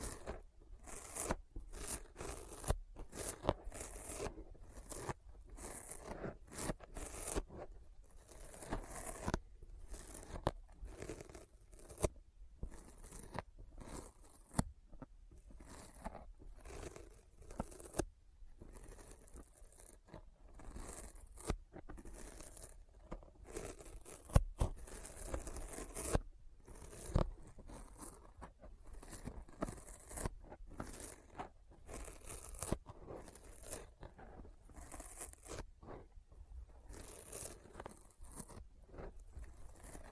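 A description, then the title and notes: Sticky fingers pull apart again and again, each one a short, bright tearing crackle reaching high up. The peeling comes in dense, irregular bursts through all forty seconds with only brief gaps. ASMR Intense Sticky Finger Sounds (No Talking).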